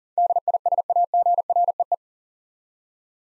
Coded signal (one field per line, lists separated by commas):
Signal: Morse code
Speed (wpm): 40 wpm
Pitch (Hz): 700 Hz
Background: none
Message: DISAGREE